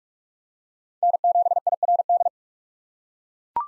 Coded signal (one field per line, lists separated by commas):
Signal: Morse code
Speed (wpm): 40 wpm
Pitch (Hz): 700 Hz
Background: none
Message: N7IRD